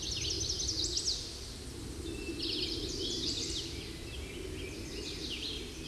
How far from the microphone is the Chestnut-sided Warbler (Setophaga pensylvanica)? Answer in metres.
about 40 m